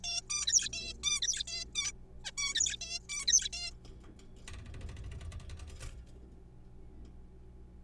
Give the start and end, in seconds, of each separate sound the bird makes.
0.04-0.21, 0.30-0.69, 0.73-0.93, 1.04-1.20, 1.22-1.43, 1.48-1.65, 1.75-1.91, 2.25-2.30, 2.38-2.54, 2.55-2.76, 2.81-2.99, 3.09-3.25, 3.28-3.49, 3.53-3.71